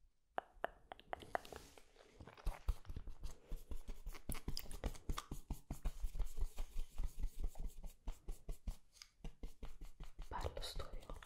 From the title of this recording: Brushing, Inaudible Whisper